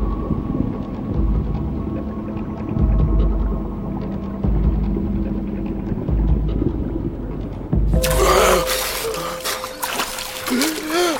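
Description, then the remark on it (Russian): Muffled, low underwater rumble with faint bubbling tones for several seconds as people dive into icy-cold water, then a sudden loud, bright rush of splashing water as someone breaks the surface. “Находясь под водой, переводят взгляды то друг на друга, то на поверхность воды.”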